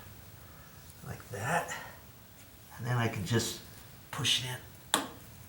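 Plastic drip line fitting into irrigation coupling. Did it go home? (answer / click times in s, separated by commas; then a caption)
yes / 4.9 s. A plastic drip irrigation line fitting is pushed into a small plastic drip irrigation coupling held with pliers. Someone talks, then a sharp snap is heard at 4.9 s as the fitting seats in the coupling.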